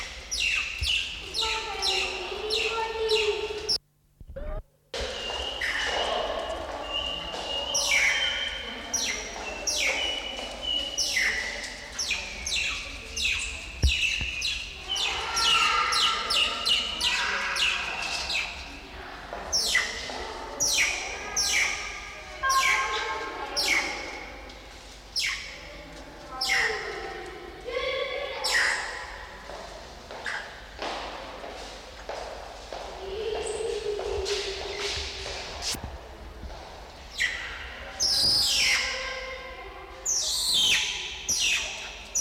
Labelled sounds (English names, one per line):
Banded Mongoose